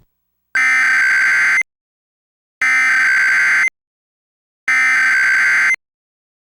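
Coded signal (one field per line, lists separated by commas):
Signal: Emergency Alert System (SAME) tones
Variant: header bursts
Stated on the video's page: Mock EAS alert, simulated with a Comcast Xfinity X1 cable box and DASDEC-II encoder.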